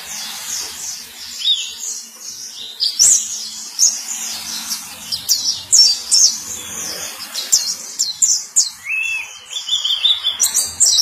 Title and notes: Kicau Burung Pleci ampuh. suara burung pleci merdu panjan